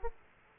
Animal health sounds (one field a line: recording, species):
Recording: mosquito wingbeat signal from an infrared sensor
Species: Aedes aegypti